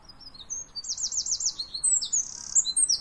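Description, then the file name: Eurasian wren song: rapid high-pitched trills and sharp chattering notes, a fast rolling series followed by bright scratchy phrases over faint background hiss. "Troglodytes troglodytes"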